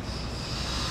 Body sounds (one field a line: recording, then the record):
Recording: background sound without coughing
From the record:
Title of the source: 30 MINUTES Construction Site Ambience (CC BY 4.0)